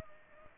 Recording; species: mosquito wingbeat signal from an infrared sensor; Culex pipiens